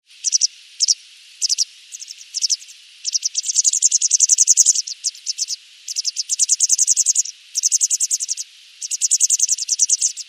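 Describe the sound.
White wagtail giving high, rapid twittering bursts of clipped notes, several runs of a second or so separated by short pauses, with a few paired chips between them.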